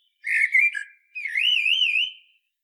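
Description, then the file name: Common blackbird song: a mellow whistled phrase that drops at its end, then a longer wavering, rippling whistle that slowly fades. "Turdus merula"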